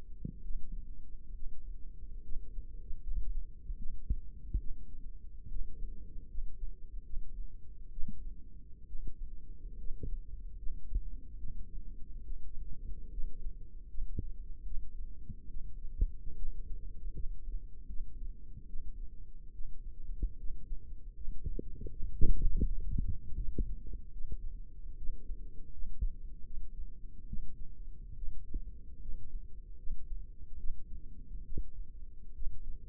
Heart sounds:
heart sounds by microphone in the left ear; 73 bpm
0.43 s: heartbeat
1.34 s: heartbeat
2.23 s: heartbeat
3.02 s: heartbeat
3.77 s: heartbeat
4.59 s: heartbeat
5.48 s: heartbeat
6.29 s: heartbeat
7.04 s: heartbeat
7.91 s: heartbeat
8.87 s: heartbeat
9.78 s: heartbeat
10.57 s: heartbeat
11.37 s: heartbeat
12.24 s: heartbeat
13.11 s: heartbeat
13.89 s: heartbeat
14.65 s: heartbeat
15.49 s: heartbeat
16.36 s: heartbeat
17.14 s: heartbeat
17.88 s: heartbeat
18.68 s: heartbeat
19.53 s: heartbeat
20.38 s: heartbeat
21.15 s: heartbeat
21.90 s: heartbeat
22.65 s: heartbeat
23.36 s: heartbeat
24.12 s: heartbeat
24.97 s: heartbeat
25.73 s: heartbeat
26.45 s: heartbeat
27.27 s: heartbeat
28.16 s: heartbeat
29.01 s: heartbeat
29.77 s: heartbeat
30.58 s: heartbeat
31.44 s: heartbeat
32.34 s: heartbeat
From the record:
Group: healthy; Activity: rest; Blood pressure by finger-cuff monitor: 139/65 mmHg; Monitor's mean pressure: 86 mmHg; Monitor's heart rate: 74 bpm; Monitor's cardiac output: 7.6 L/min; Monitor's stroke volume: 103 mL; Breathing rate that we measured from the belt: 16 breaths a minute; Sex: female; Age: 22 years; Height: 160 cm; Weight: 63 kg

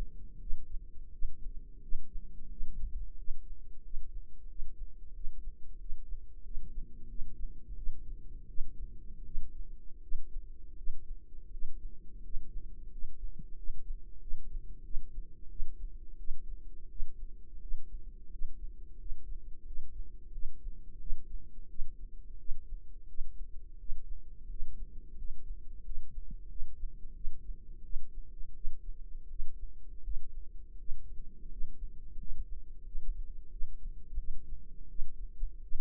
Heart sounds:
heart sounds by microphone in the right ear; 87 bpm
0.38 s: heartbeat
1.10 s: heartbeat
1.79 s: heartbeat
2.47 s: heartbeat
3.15 s: heartbeat
3.81 s: heartbeat
4.46 s: heartbeat
5.12 s: heartbeat
5.77 s: heartbeat
6.42 s: heartbeat
7.07 s: heartbeat
7.74 s: heartbeat
8.46 s: heartbeat
9.23 s: heartbeat
10.00 s: heartbeat
10.74 s: heartbeat
11.49 s: heartbeat
12.21 s: heartbeat
12.89 s: heartbeat
13.54 s: heartbeat
14.18 s: heartbeat
14.82 s: heartbeat
15.47 s: heartbeat
16.16 s: heartbeat
16.87 s: heartbeat
17.59 s: heartbeat
18.29 s: heartbeat
18.96 s: heartbeat
19.64 s: heartbeat
20.30 s: heartbeat
20.98 s: heartbeat
21.67 s: heartbeat
22.36 s: heartbeat
23.06 s: heartbeat
23.77 s: heartbeat
24.47 s: heartbeat
25.15 s: heartbeat
25.82 s: heartbeat
26.47 s: heartbeat
27.13 s: heartbeat
27.81 s: heartbeat
28.52 s: heartbeat
29.27 s: heartbeat
30.01 s: heartbeat
30.76 s: heartbeat
31.48 s: heartbeat
32.16 s: heartbeat
32.83 s: heartbeat
33.49 s: heartbeat
34.16 s: heartbeat
34.87 s: heartbeat
35.60 s: heartbeat
From the record:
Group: healthy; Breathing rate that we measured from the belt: 9 breaths a minute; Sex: male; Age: 33 years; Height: 179 cm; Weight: 80.4 kg

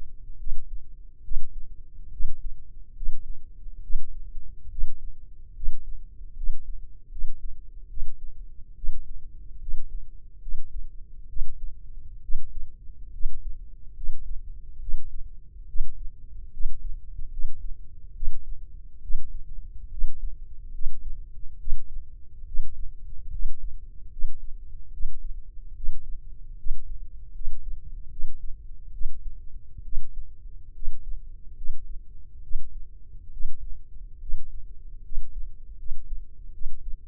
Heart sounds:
heart sounds by microphone in the left ear; 71 bpm
0.38 s: heartbeat
1.23 s: heartbeat
2.11 s: heartbeat
2.94 s: heartbeat
3.81 s: heartbeat
4.69 s: heartbeat
5.54 s: heartbeat
6.35 s: heartbeat
7.09 s: heartbeat
7.88 s: heartbeat
8.75 s: heartbeat
9.59 s: heartbeat
10.40 s: heartbeat
11.27 s: heartbeat
12.21 s: heartbeat
13.11 s: heartbeat
13.94 s: heartbeat
14.79 s: heartbeat
15.66 s: heartbeat
16.51 s: heartbeat
17.30 s: heartbeat
18.13 s: heartbeat
19.01 s: heartbeat
19.89 s: heartbeat
20.72 s: heartbeat
21.58 s: heartbeat
22.45 s: heartbeat
23.30 s: heartbeat
24.10 s: heartbeat
24.91 s: heartbeat
25.74 s: heartbeat
26.56 s: heartbeat
27.33 s: heartbeat
28.09 s: heartbeat
28.91 s: heartbeat
29.83 s: heartbeat
30.73 s: heartbeat
31.55 s: heartbeat
32.41 s: heartbeat
33.31 s: heartbeat
34.19 s: heartbeat
35.02 s: heartbeat
35.76 s: heartbeat
36.51 s: heartbeat
From the record:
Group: healthy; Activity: rest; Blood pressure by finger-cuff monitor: 148/87 mmHg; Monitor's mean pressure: 103 mmHg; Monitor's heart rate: 71 bpm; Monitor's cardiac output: 5.8 L/min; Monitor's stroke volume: 82 mL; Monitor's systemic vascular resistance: 1310 dyn s/cm5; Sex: male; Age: 21 years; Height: 180 cm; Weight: 67.5 kg

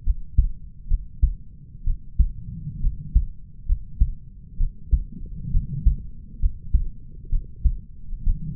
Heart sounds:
heart sounds by stethoscope; 66 bpm
0.04 s: heartbeat
0.88 s: heartbeat
1.84 s: heartbeat
2.81 s: heartbeat
3.66 s: heartbeat
4.58 s: heartbeat
5.51 s: heartbeat
6.40 s: heartbeat
7.30 s: heartbeat
8.24 s: heartbeat
From the record:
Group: healthy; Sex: male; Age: 20 years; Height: 187 cm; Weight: 68.9 kg

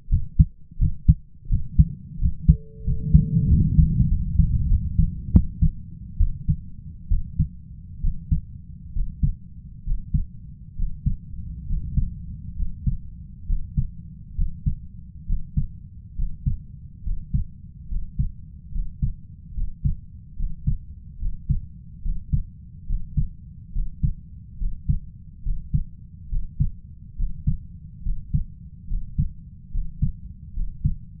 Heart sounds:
heart sounds by stethoscope; 73 bpm
0.09 s: heartbeat
0.78 s: heartbeat
1.49 s: heartbeat
2.18 s: heartbeat
2.84 s: heartbeat
3.48 s: heartbeat
4.08 s: heartbeat
4.68 s: heartbeat
5.31 s: heartbeat
6.17 s: heartbeat
7.08 s: heartbeat
8.00 s: heartbeat
8.92 s: heartbeat
9.83 s: heartbeat
10.75 s: heartbeat
11.66 s: heartbeat
12.55 s: heartbeat
13.46 s: heartbeat
14.35 s: heartbeat
15.25 s: heartbeat
16.15 s: heartbeat
17.02 s: heartbeat
17.88 s: heartbeat
18.71 s: heartbeat
19.53 s: heartbeat
20.36 s: heartbeat
21.18 s: heartbeat
22.01 s: heartbeat
22.86 s: heartbeat
23.72 s: heartbeat
24.57 s: heartbeat
25.42 s: heartbeat
26.28 s: heartbeat
27.15 s: heartbeat
28.02 s: heartbeat
28.87 s: heartbeat
29.70 s: heartbeat
30.53 s: heartbeat
From the record:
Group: healthy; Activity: rest 0-2 s, breath hold 2-31 s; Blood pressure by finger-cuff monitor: 94/58 mmHg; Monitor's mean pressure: 66 mmHg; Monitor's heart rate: 70 bpm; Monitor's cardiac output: 5.1 L/min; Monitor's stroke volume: 69 mL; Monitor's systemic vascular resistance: 940 dyn s/cm5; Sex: male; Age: 20 years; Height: 167 cm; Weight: 61 kg

